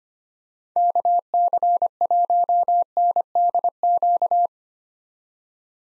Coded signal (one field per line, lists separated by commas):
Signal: Morse code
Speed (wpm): 25 wpm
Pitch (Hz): 700 Hz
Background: none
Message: KC1NDQ